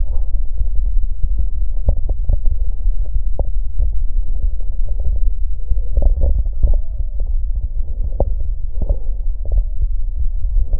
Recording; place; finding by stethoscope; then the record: heart sounds by stethoscope; aortic valve (AV); normal heart sounds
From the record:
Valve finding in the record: normal valve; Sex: male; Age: 48 years